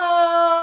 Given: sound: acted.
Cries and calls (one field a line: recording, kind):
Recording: vocal sound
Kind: neutral vocalization